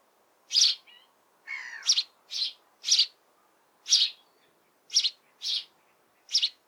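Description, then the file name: House sparrow calling with sharp, bright chirps repeated about once a second, one harsher chattering note near the start. "Passer domesticus"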